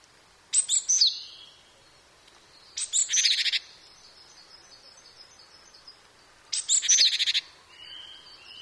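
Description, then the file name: Japanese tit calling, three bursts of harsh buzzy chatter mixed with thin high notes, spaced a few seconds apart, quiet between. "shijukara"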